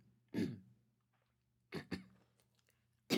Woman Female Coughing Sniffing.